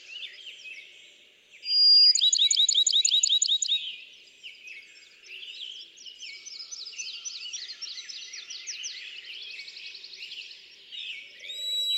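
Bachman's sparrow singing one clear sustained whistle followed by a rapid rattling trill of repeated notes, while many other birds chatter steadily in the background.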